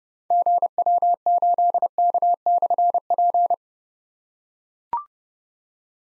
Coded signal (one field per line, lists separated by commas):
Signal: Morse code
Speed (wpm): 30 wpm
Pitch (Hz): 700 Hz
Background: none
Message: GW8K/P